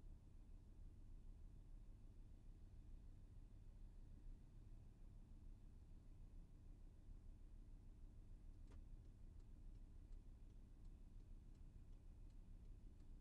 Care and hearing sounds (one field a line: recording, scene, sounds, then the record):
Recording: everyday scene through a hearing-aid microphone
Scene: in a vehicle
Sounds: engine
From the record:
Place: VW T5 Caravelle, diesel engine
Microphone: behind the ear, left, front